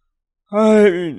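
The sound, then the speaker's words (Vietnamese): After a moment of silence, a middle-aged Taoist priest gives a single drawn-out voiced yawn that rises in, holds a steady tone, then sags lower in pitch and trails off, moderately loud and alone. “Hắn ngáp một cái rồi nói.”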